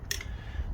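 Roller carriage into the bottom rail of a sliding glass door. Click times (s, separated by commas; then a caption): 0.1 s. A steel roller carriage for a sliding glass door is pushed up into the bottom channel of the door frame until its two small wings snap behind the ridges. A sharp, bright snap sounds at 0.1 s, followed by a softer tick at about 0.2 s over low background hum. The carriage is seated.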